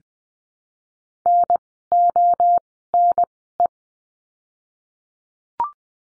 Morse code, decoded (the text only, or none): N O N E